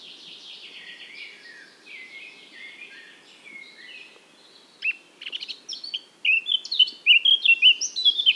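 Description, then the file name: Eurasian blackcap song: a long subdued chattering warble, then a bright, loud flourish of clear whistled notes in the final seconds. "Sylvia atricapilla"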